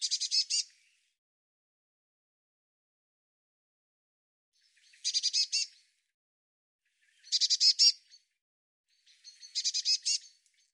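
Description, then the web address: Bird giving four separate bursts of rapid, buzzy, high-pitched chatter spaced a few seconds apart, in otherwise silent surroundings. "cianscape birddata Deverinetal 2025 File cleaned normalized Bird Cy Ca"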